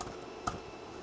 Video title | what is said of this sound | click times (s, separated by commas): The $10 Solution to Your Filament Spool Problem | Yep. So, I could like hear that like click in. So, that one's good. | 0.5 s